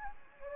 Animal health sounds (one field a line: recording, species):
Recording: mosquito wingbeat signal from an infrared sensor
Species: Anopheles gambiae